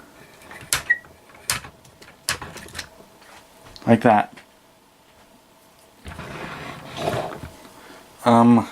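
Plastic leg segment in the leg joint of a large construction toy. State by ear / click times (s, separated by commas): seated / 0.7 s, 1.5 s, 2.3 s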